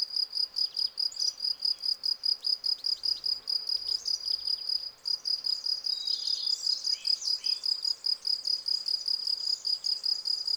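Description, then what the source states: Field cricket stridulating: a steady, clear chirping trill near one pitch, pulsed about two to three times a second, with faint bird calls in the background. Field crickets singing in a garden lawn, Val Maravel, 18 April 2020, for three days; fresh new wings give clear stridulation; Nagra Seven and cardioid MKH40 microphone.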